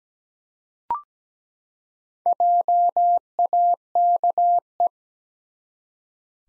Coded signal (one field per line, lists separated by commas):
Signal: Morse code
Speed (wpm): 17 wpm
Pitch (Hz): 700 Hz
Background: none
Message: JAKE